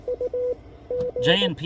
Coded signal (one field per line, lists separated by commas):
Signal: Morse code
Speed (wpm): 23 wpm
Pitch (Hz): 500 Hz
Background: speech, radio noise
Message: UG